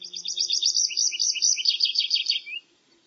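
Bird song, a fast jumble of twittering high chirps and trills lasting about two and a half seconds, then stopping abruptly.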